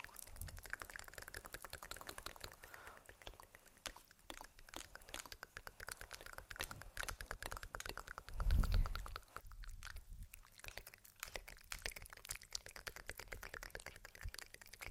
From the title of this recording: Layered Sounds (Sleepy Mouth Sounds, Face Touching, Tapping)